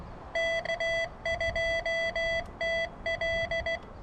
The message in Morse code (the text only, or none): K2TL